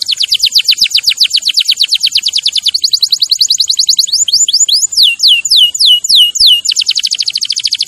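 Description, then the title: Canary song with a steady rapid trill of falling notes, changing into slower swooping whistles before a fast trill resumes at the end. Champion canary song used as a master recording for training other birds to sing. "Masteran Kenari Juara"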